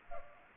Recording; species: mosquito wingbeat signal from an infrared sensor; Culex pipiens